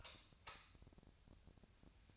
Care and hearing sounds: daily activity, microphone in the room; light off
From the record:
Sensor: 2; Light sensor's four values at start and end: 33/85/36/39 and 28/69/30/33

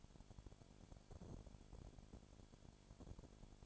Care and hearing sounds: daily activity, microphone in the room; no activity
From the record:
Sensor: 5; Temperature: 20.1 degrees Celsius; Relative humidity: 36.5%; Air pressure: 1001.1 hPa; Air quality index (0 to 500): 176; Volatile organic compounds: 4 ppm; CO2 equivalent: 1602 ppm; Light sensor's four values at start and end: 2/3/1/1 and 2/3/1/1

